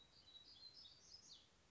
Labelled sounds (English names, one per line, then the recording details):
Black-throated Gray Warbler
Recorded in Sonoma County, California